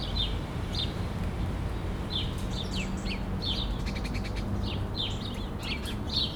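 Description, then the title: Sparrow chirps, repeated irregularly, with a patch of sharp clicking ticks in the middle, over steady low traffic noise. Several sparrows sheltering in a laurel bush at 11 Rue de l'Église, Bassens, France, around 6 pm; a robin's ticking calls and traffic noise are also heard. "11 Rue de l'Église, Bassens, France - Moineaux"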